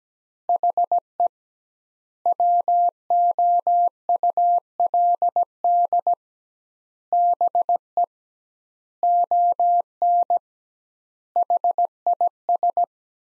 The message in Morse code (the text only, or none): HE WOULD BE ON HIS